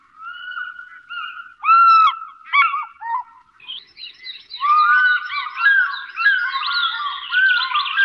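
Fish eagle calls: ringing, yelping notes with clear overtones repeated at first, then a dense overlapping run of loud, wavering calls filling the second half.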